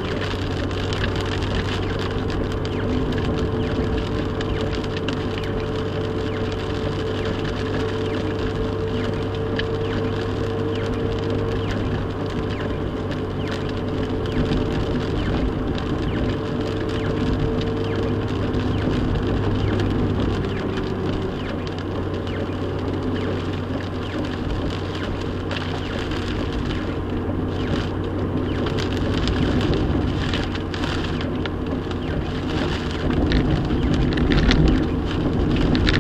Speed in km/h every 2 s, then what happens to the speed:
55, 53, 53, 55, 58, 61, 55, 53, 56, 56, 55, 52, 53, 55, 55, 53, 48, 52.
0-18 steady at about 55. 21-36 steady at about 53.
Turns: none.